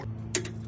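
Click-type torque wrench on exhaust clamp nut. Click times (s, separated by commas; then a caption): 0.3 s. A click-type torque wrench set to 35 ft-lb, the torque spec from MBRP, tightens the nut on the second clamp of an MBRP exhaust on a 2019 Ford Ranger. A single sharp click sounds at 0.4 s with a softer tick just after, over a steady low hum. The wrench reaches its setting and the clamp is confirmed torqued.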